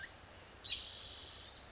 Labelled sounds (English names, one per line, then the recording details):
Wilson's Warbler
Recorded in Sonoma County, California